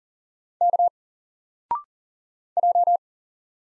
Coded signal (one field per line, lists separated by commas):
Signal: Morse code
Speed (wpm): 40 wpm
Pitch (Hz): 700 Hz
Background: none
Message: K J